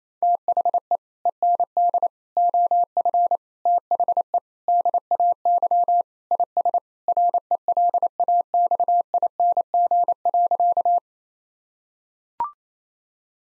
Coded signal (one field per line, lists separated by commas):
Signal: Morse code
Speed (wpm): 27 wpm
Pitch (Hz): 700 Hz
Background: none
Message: THE END OF THE DAY IS RELAXING.